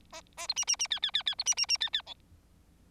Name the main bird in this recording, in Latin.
Lonchura striata domestica